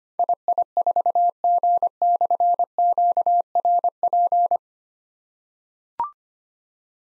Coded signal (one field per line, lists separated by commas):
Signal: Morse code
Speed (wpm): 25 wpm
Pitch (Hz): 700 Hz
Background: none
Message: II4G/QRP